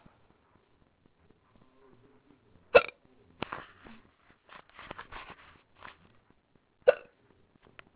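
An adult woman hiccups twice, sharply and suddenly, about four seconds apart, with soft breathy sounds between: a bout of hiccups.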